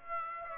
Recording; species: mosquito wingbeat signal from an infrared sensor; Aedes aegypti